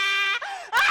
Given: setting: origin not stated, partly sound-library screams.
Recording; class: one-second piece from a danger detection set; woman in danger